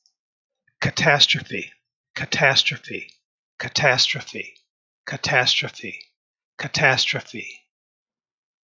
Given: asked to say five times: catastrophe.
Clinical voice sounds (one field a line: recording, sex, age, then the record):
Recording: repeated word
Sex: male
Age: 70 to 79 years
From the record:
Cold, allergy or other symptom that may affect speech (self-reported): no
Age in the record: 70 years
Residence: Michigan, United States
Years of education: 16